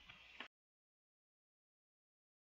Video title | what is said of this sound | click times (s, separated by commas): Frsky Taranis Q X7 NiMH Charging Kit Mod | twist, as you can see with my finger, and then it pops right in, no problem at all. | 0.4 s